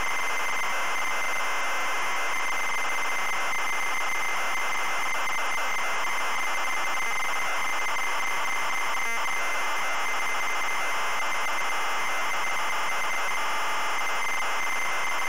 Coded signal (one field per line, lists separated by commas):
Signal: ZX Spectrum tape loading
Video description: today we're loading the ZX Spectrum game, Angry Birds!